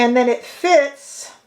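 A cardboard lid is being fitted back onto a magnetic eyeshadow palette case while someone talks. No snap is heard, and nothing has seated or clicked yet.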